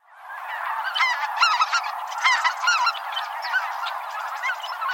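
Bird flock calling: dense overlapping honking and chattering notes, many birds at once, continuous throughout with sharp kinked calls standing out.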